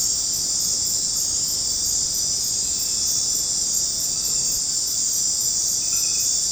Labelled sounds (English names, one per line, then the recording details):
none
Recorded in dense forest near Puerto Asís, Putumayo, Colombia, on 4 March 2025 at 19:00
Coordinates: 0.500, -76.322
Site GP06